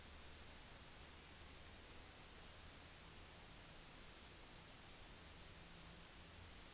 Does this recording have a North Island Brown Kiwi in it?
no